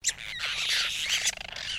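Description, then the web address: Apostlebirds calling as a group: a dense, harsh chatter of overlapping squawks and scratchy notes that keep going for the whole brief moment. A group of birds calling together; stereo recording. "Sound Effects-Foundation. BIRD APOSTLE BIRD GROUP CALL"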